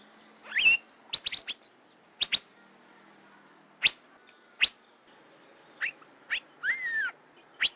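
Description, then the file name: Asian fairy-bluebird calls: sharp rising whistles and brief clicking notes, scattered singly and in pairs with quiet gaps, plus one curved, slurred whistle near the end. "suara kacembang gadung"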